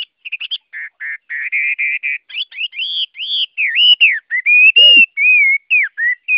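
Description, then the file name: Chinese hwamei song: loud, continuous, richly varied whistling with sustained tones, rising and falling slurs and quick warbled flourishes. Song in the 'forest voice' (giọng rừng) style. "Tieng hoa mi hot giong rung"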